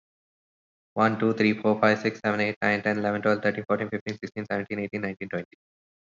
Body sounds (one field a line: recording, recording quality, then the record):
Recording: counting at a fast pace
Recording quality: excellent, no background noise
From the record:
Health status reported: COVID-19 positive, no symptoms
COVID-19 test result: positive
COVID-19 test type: RT-PCR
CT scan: not taken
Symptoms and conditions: none ticked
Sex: male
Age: 24 years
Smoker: no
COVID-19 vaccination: both doses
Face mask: not worn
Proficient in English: yes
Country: India